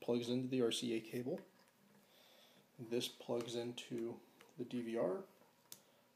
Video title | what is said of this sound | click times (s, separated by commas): DIY NightVision Scope Cam | twist it and it locks into place | 5.7 s